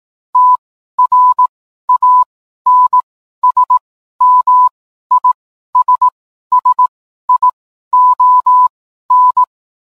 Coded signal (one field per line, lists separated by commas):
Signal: Morse code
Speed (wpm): 18 wpm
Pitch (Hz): 1000 Hz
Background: none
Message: TRANSMISSION